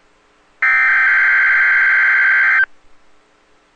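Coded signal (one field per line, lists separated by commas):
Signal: Emergency Alert System (SAME) tones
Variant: header bursts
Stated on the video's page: Required weekly test.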